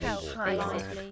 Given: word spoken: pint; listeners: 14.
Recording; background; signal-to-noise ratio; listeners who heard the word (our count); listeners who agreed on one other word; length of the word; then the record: one English word in noise, from a listening test; four-talker babble; -2.9 dB; 0 of 14; 8 of 14; 0.72 s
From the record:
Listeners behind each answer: 8, 1, 1, 1, 1, 1, 1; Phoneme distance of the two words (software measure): 40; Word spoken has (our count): 1 syllable, 4 phonemes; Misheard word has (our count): 1 syllable, 4 phonemes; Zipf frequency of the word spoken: 4.14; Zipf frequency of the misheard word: 5.75